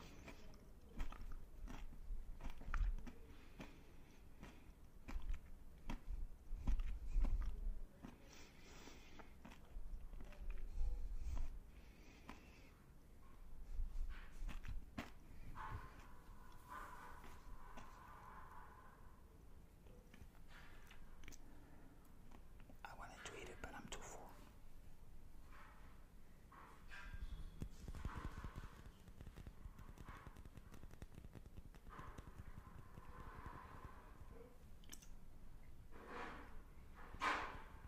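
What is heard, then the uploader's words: A Magnum chocolate ice cream is unwrapped and eaten, with crisp crackling and rustling bursts scattered throughout and wet chewing and biting sounds in between. Activity is busiest in the first fifteen seconds, then settles into quieter, intermittent crunches and rustles with brief pauses. Unwrapping and Eating Magnum Chocolate.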